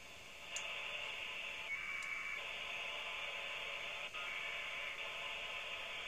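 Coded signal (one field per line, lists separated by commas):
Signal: packet radio (AX.25, as in APRS)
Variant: 1200 baud AFSK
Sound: harsh buzzing data bursts, a brief steady high tone, short gaps between bursts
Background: radio static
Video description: In this video, we receive some 1200 Baud (AFSK) Ui-frames (APRS).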